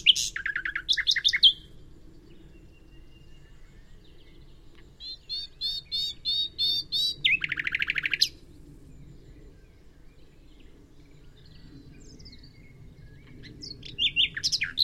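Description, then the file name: Common nightingale song: separate bursts including a rapid chattering phrase, a long pulsed high trill, and later fresh whistled phrases, with quiet gaps between them. "Luscinia megarhynchos"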